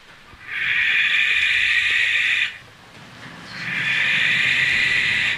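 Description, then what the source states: Barn owl screech: two long, harsh, hissing screams separated by a short pause. Played recording, described as a ghostly screech and hissing given at the nest and in flight.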